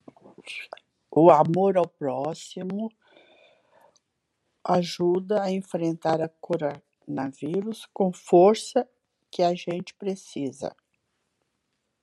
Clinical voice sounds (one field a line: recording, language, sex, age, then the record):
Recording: spoken sentence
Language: Brazilian Portuguese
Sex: female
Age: 70 to 79 years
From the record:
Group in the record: control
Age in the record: 76 years